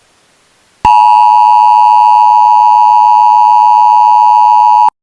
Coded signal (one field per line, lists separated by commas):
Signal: Emergency Alert System (SAME) tones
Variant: 853 and 960 Hz attention tone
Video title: Emergency Alert System during Thomas and friends